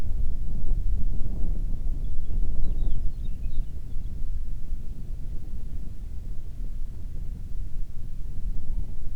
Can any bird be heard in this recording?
yes